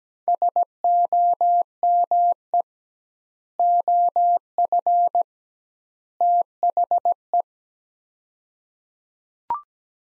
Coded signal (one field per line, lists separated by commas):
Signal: Morse code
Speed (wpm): 17 wpm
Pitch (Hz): 700 Hz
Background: none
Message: SOME OF THE